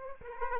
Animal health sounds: mosquito wingbeat signal from an infrared sensor; Aedes aegypti

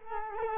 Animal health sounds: mosquito wingbeat signal from an infrared sensor; Culex quinquefasciatus

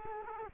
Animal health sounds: mosquito wingbeat signal from an infrared sensor; Culex quinquefasciatus

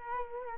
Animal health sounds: mosquito wingbeat signal from an infrared sensor; Culex quinquefasciatus

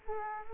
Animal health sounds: mosquito wingbeat signal from an infrared sensor; Culex quinquefasciatus

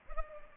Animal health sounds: mosquito wingbeat signal from an infrared sensor; Culex pipiens

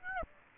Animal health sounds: mosquito wingbeat signal from an infrared sensor; Aedes aegypti

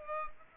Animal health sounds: mosquito wingbeat signal from an infrared sensor; Culex pipiens

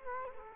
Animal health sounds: mosquito wingbeat signal from an infrared sensor; Culex quinquefasciatus

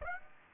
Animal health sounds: mosquito wingbeat signal from an infrared sensor; Aedes aegypti

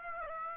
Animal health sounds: mosquito wingbeat signal from an infrared sensor; Aedes aegypti

